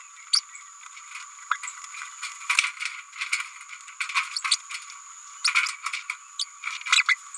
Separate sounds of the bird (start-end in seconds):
0.33-0.41, 1.50-1.58, 4.36-4.39, 4.50-4.56, 5.44-5.48, 5.66-5.68, 6.39-6.45, 6.80-6.83, 6.92-7.03, 7.08-7.15